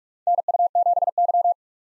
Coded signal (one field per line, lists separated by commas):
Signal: Morse code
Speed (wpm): 46 wpm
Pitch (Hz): 700 Hz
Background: none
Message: NU7Y